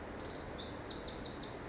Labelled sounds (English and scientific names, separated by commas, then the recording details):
Pacific Wren (Troglodytes pacificus)
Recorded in Sonoma County, California